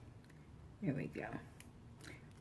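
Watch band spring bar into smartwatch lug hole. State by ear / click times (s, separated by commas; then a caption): seated / 1.6 s. A custom watch band's spring-loaded quick-release pin is pressed down with a fingernail and lined up with the small hole in the metal lug of a Gear S3 smartwatch while someone talks. A sharp snap at 1.6 s marks the spring bar clicking into the lug, seating the band in place.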